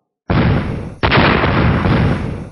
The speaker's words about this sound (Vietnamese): Dày đặc tiếng nổ mạnh liên tiếp phát ra, công kích của đám người Tề Thiên Tiêu rõ ràng bị ngăn lại, giống như kim sắc bảo cánh cứng lúc trước vậy.